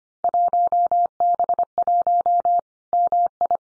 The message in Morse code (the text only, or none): 1B1 MI